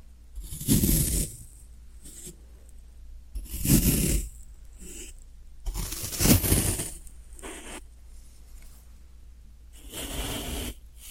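Floral foam being worked, with four rough, crumbly bursts of scraping and crunching at roughly regular intervals, each lasting about a second. Small crackles and taps fall in the quiet gaps, and a faint low hum runs steadily underneath.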